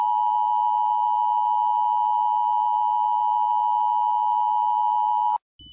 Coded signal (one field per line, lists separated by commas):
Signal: Emergency Alert System (SAME) tones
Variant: 853 and 960 Hz attention tone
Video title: EAS scenario 35 (MEGA): The Minecraft disaster 4: the time has come